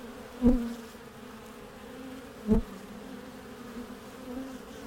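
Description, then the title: Honey bee buzzing in a steady low drone, with two sharp louder buzzes near 0.5 and 2.5 seconds. Backyard garden beehive, hive entrance recorded from the top; warm spring day, Mission district, San Francisco, 2009; microphone pairs at the entrance. "Tree's Bees"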